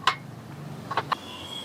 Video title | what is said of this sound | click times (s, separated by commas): Restoration Of A Vintage Yamaha Dt125 -1980s 2stroke - Part 4 | Okay, nailock ko na yung clip. | 0.1 s